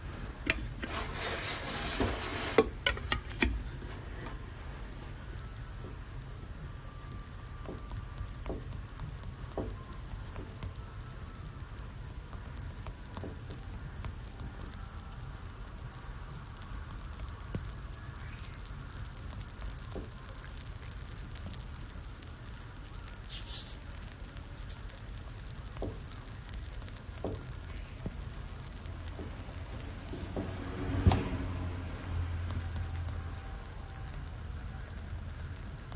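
Guatemalan coffee beans roast in a machine with a steady low drone beneath a light, rain-like patter of tumbling beans. Sharp scattered clicks come through, with louder rattling bursts in the first few seconds and again around thirty seconds in.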